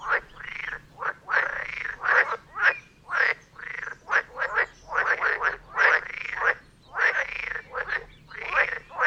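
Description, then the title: Frogs calling in a chorus, loud broad croaks with arched harmonic bands, bursts overlapping irregularly with short gaps of quiet between them. Chorus of frogs near Vellerner Brook in Neubeckum, at 2 pm; stereo recording. "Frog concert near Vellerner Brook in Neubeckum - 2pm"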